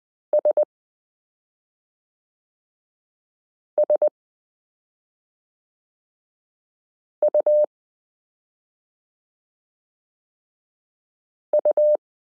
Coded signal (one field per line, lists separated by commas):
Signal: Morse code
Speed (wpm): 20 wpm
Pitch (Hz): 600 Hz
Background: none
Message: SSUU